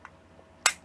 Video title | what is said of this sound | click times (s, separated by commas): Cain Arms Mag Extension - Glock 26 | and hear that click that is the spring being fully extended there | 0.7 s